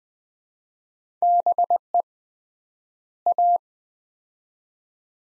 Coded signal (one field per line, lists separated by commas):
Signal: Morse code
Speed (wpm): 20 wpm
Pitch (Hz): 700 Hz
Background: none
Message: BE A